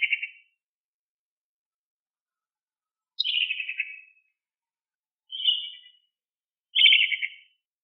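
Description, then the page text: Hokkaido long-tailed tit calling in short buzzy rolling trills, four bursts separated by quiet pauses. Call described as gentle and cute. "シマエナガの鳴き声"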